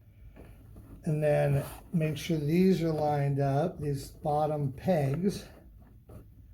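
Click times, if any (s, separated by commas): none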